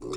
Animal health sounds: pig call; weaner (32 to 43 days)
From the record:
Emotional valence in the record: negative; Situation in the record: novel object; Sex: female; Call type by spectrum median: low-frequency call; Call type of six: mixed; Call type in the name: high-frequency modulated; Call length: 0.17 s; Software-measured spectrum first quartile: 347 Hz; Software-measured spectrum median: 624 Hz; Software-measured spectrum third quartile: 2923 Hz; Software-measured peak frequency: 374 Hz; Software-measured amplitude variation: 125 dB a second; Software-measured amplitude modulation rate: 27.0 a second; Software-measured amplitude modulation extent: 4.6 dB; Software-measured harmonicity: 6.0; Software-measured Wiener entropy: -4.36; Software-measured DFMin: 674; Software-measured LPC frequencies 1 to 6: 384, 1203, 2418, 3622, 4456, 5326 Hz

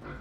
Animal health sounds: pig call; growing-finishing pig (85 days or more)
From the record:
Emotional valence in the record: positive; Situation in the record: run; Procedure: transit

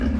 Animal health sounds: pig call; growing-finishing pig (85 days or more)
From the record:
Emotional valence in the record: negative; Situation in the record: barren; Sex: female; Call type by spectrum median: low-frequency call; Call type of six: low-frequency stable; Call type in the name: low-frequency stable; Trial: 3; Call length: 0.20 s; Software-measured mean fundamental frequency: 63 Hz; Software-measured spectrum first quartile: 75 Hz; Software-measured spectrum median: 191 Hz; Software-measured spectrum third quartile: 319 Hz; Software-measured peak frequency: 239 Hz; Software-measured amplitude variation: 121 dB a second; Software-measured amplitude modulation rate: 14.8 a second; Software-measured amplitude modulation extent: 8.2 dB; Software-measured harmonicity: -0.6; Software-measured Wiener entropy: -1.04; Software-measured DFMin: 888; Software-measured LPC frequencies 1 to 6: 239, 1618, 2300, 2942, 3951, 4847 Hz

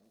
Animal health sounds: pig call; piglet (1 to 25 days)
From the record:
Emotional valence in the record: positive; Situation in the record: reunion after long isolation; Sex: female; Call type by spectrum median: low-frequency call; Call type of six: low-frequency tonal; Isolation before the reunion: 8 minutes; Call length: 0.10 s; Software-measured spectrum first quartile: 266 Hz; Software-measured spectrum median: 586 Hz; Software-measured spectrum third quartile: 3027 Hz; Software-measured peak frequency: 217 Hz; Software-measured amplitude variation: 42 dB a second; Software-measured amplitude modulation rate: 24.7 a second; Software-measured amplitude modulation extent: 1.7 dB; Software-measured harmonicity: 3.0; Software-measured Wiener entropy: -3.06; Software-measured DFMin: 744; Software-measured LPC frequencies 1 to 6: 461, 2608, 4291, 5252, 6202, 8574 Hz

